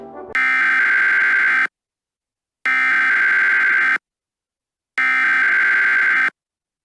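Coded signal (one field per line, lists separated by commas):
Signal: Emergency Alert System (SAME) tones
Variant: header bursts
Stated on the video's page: Fictional EAS scenario about a nextbot attack, not a real alert.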